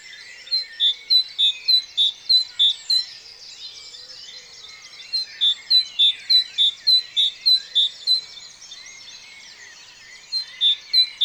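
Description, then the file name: Great tit repeating ringing high notes in three series separated by pauses, over background twittering of other birds. "Parus major"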